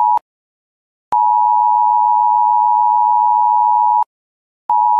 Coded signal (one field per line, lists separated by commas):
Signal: Emergency Alert System (SAME) tones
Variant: 853 and 960 Hz attention tone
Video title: Emergency Alert System Phone Sound Effect / Phone Alert Sound / Sound Of Emergency Phone Alert